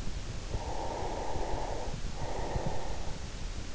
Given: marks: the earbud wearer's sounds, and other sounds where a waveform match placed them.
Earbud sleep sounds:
sounds in sleep by an in-ear microphone; breath
0.57-3.30 s: breath

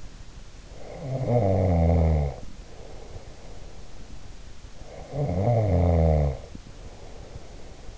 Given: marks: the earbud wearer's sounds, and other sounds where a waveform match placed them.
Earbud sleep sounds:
sounds in sleep by an in-ear microphone; snoring breath
0.67-3.84 s: snoring breath
4.78-7.98 s: snoring breath

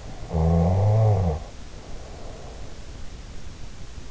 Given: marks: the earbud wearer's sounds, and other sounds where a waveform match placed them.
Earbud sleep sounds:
sounds in sleep by an in-ear microphone; snoring breath
0.18-3.09 s: snoring breath

